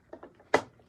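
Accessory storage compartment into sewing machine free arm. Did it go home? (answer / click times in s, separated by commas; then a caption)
yes / 0.5 s. The removable plastic accessory storage compartment that forms the free arm of a Janome HD3000 Black Edition sewing machine is pushed back onto the machine bed. Two soft knocks at about 0.1 and 0.2 seconds are followed by a sharp, loud snap at 0.6 seconds as the compartment clicks back into place, seated.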